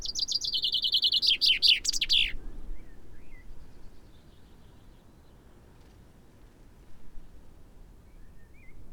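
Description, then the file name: Common chaffinch song heard from its middle, quick repeated notes dropping in pitch into a flourished ending, followed by faint bird calls. "Fringilla coelebs"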